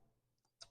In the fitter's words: so folding neatly in half with a magnetic ends. You can hear that click.